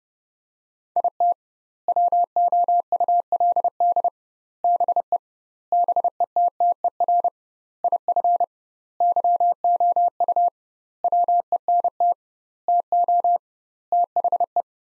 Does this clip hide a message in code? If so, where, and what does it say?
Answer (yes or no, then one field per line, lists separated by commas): yes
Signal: Morse code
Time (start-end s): 1.0-14.6 s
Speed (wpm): 32 wpm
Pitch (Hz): 700 Hz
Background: none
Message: IT WOULD BE BETTER IF YOU WENT TO THE